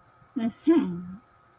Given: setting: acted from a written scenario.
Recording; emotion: vocal sound without words; contempt